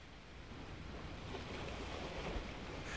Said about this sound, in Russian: Был ветер, и волны с шумом пенились у крутого берега.